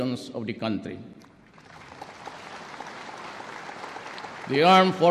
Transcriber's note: applause